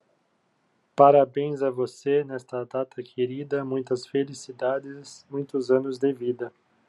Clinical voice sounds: short text; Brazilian Portuguese; male; 40 to 49 years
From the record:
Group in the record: control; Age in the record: 46 years

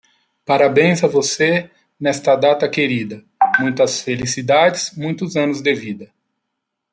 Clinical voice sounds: short text; Brazilian Portuguese; male; 40 to 49 years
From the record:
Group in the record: control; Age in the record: 46 years

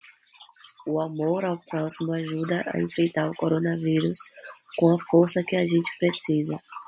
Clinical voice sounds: spoken sentence; Brazilian Portuguese; female; 30 to 39 years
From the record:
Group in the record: control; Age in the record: 33 years

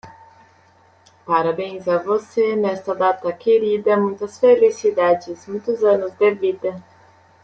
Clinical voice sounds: short text; Brazilian Portuguese; female; 20 to 29 years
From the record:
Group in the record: control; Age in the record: 28 years

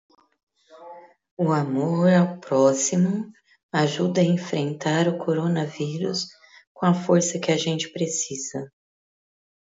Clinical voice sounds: spoken sentence; Brazilian Portuguese; female; 50 to 59 years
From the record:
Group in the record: control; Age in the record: 56 years

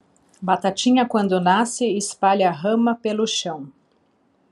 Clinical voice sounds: short text; Brazilian Portuguese; female; 40 to 49 years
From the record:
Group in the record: control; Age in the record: 47 years

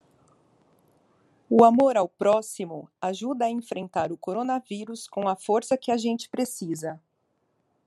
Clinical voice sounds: spoken sentence; Brazilian Portuguese; female; 40 to 49 years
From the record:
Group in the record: control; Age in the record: 43 years

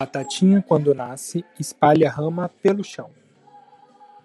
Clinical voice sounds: short text; Brazilian Portuguese; male; 30 to 39 years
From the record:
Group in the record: control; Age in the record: 36 years

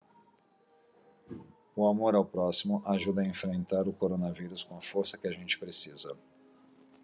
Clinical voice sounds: spoken sentence; Brazilian Portuguese; male; 50 to 59 years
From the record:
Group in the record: control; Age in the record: 51 years

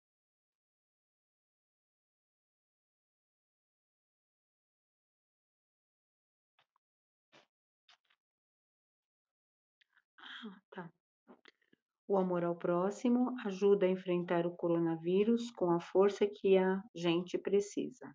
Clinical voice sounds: spoken sentence; Brazilian Portuguese; female; 60 to 69 years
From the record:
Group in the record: control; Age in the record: 63 years

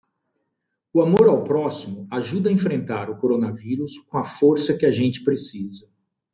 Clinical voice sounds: spoken sentence; Brazilian Portuguese; male; 50 to 59 years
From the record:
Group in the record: control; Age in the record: 59 years

